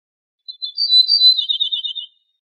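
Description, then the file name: Ortolan bunting song, a bright high opening that slides down into rapid, evenly spaced lower notes, one phrase of roughly one and a half seconds. "suara kicauan ortolan"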